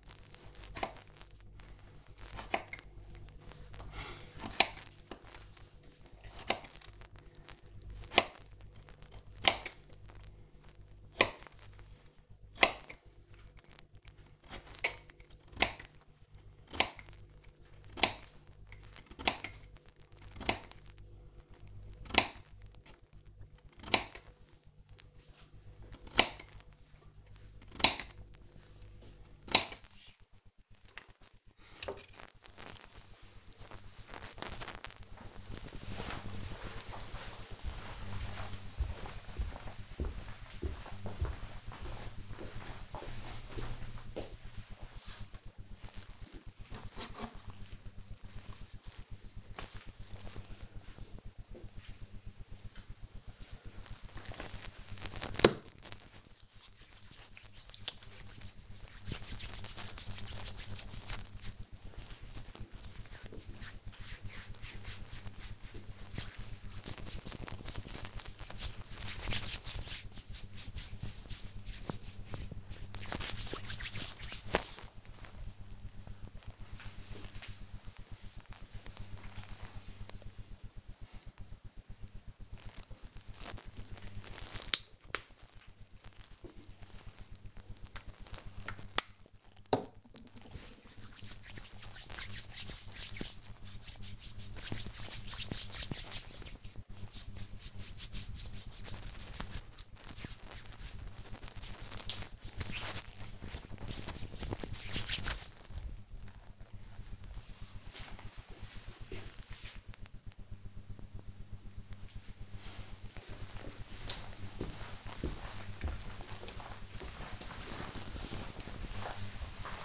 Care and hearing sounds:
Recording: household activities, microphone on the right wrist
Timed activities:
0.00-31.04 s: cutting vegetables
45.13-74.33 s: cream hands
82.37-105.53 s: disinfecting hands

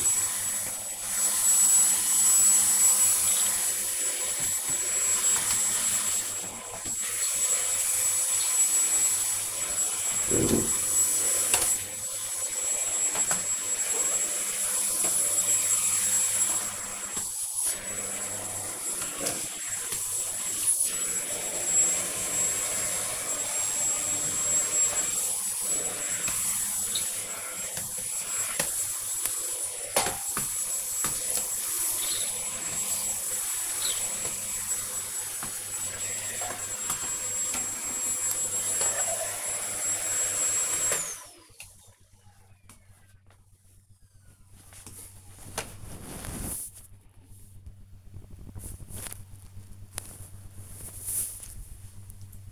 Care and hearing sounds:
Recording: household activities, microphone on the right wrist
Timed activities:
0.00-40.20 s: vacuum cleaning

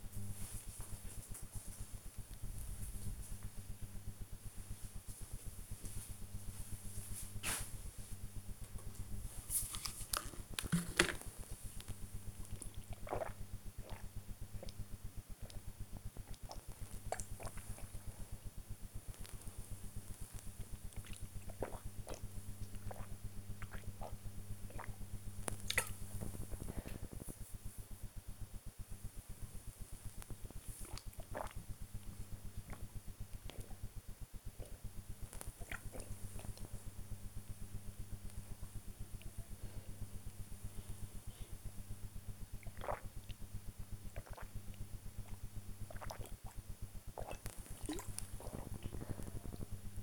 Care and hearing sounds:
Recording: household activities, microphone on the right wrist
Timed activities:
8.21-50.02 s: drinking

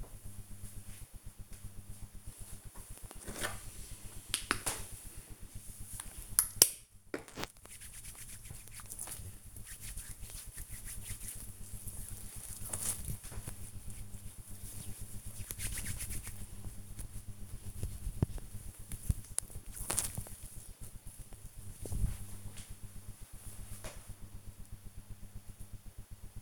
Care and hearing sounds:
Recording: household activities, microphone on the right wrist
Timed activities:
2.34-21.51 s: disinfecting hands

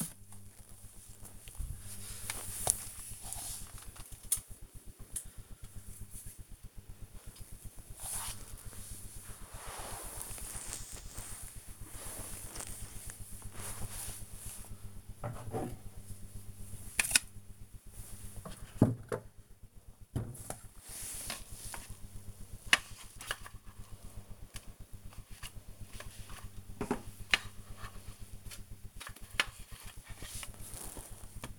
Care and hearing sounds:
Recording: household activities, microphone on the right wrist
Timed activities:
0.00-31.59 s: tidy up the cupboard

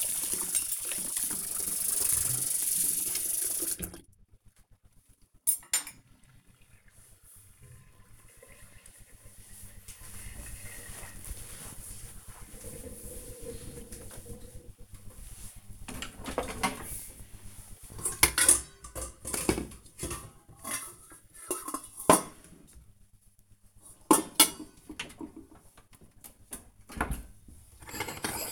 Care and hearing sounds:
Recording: household activities, microphone on the right wrist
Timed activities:
0.00-4.62 s: washing dishes
14.70-28.52 s: putting away the dishes

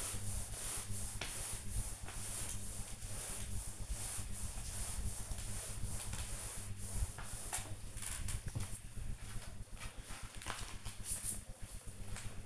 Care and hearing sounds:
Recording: household activities, microphone on the right wrist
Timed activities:
0.00-12.46 s: floor cleaning

